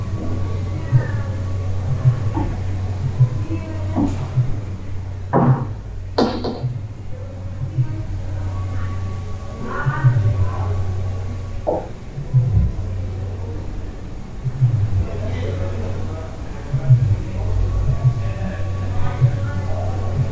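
Sounds from a hostel room in Central America: a steady low hum runs throughout with a faint higher whine above it. Scattered knocks and clatters break in, the sharpest pair around five to six seconds, while murmured voices come and go.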